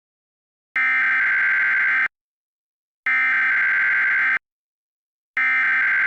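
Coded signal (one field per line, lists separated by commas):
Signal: Emergency Alert System (SAME) tones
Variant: header bursts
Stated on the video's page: Fictional alternate-history EAS scenario, not a real alert.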